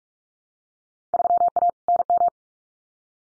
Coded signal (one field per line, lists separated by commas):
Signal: Morse code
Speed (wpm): 46 wpm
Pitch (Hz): 700 Hz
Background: none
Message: 3A NM